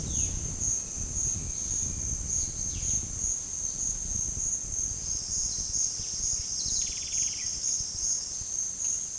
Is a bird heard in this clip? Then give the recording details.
yes. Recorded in pastures near Puerto Asís, Putumayo, Colombia, on 29 June 2025 at 15:30. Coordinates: 0.466, -76.322. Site GP07